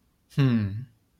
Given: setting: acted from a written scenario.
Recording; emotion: vocal sound without words; neutral